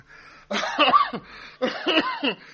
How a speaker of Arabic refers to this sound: الراجل تعبان، ما بطلش كحه لما تلف لي اعصابي.